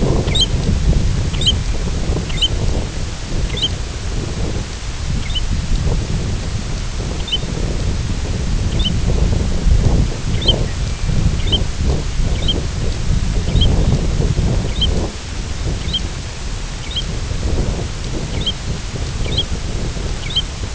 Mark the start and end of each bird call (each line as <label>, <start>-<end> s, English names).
American Golden-plover, 0.23-0.51 s
American Golden-plover, 1.25-1.56 s
American Golden-plover, 2.21-2.56 s
American Golden-plover, 3.42-3.71 s
American Golden-plover, 5.13-5.43 s
American Golden-plover, 7.11-7.42 s
American Golden-plover, 8.63-8.96 s
American Golden-plover, 10.23-10.55 s
Red-throated Loon, 10.54-11.35 s
American Golden-plover, 11.32-11.62 s
American Golden-plover, 12.27-12.55 s
American Golden-plover, 13.39-13.69 s
American Golden-plover, 14.60-14.94 s
American Golden-plover, 15.72-16.02 s
American Golden-plover, 16.70-17.07 s
American Golden-plover, 18.25-18.54 s
American Golden-plover, 19.14-19.48 s
American Golden-plover, 20.09-20.57 s